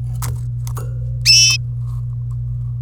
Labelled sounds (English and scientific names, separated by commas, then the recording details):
Domestic Canary (Serinus canaria) song
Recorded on 26 April 2018 at 13:01
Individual llb3